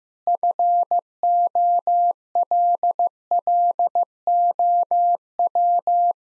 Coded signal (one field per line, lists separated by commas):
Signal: Morse code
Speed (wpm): 15 wpm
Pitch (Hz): 700 Hz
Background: none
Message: FOLLOW